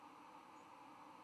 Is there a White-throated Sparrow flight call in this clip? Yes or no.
no